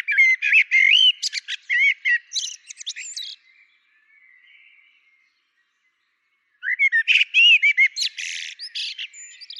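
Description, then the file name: Common blackbird song, two dense phrases of warbled whistles and high scratchy twittering, divided by a gap of about three seconds. "Turdus merula"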